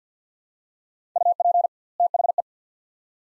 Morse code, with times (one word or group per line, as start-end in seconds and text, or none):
1.2-1.7 UP
2.0-2.4 THE